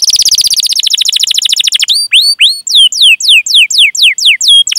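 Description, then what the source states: Canary singing a fast rolling trill that gives way to slower, clear down-slurred whistled notes repeated several times a second. Lively singer (gacor) said to have the best song phrasing (cengkok) and most luxurious fill-ins (isian); Indonesian bird-keeping hobby (kicaumania) recording.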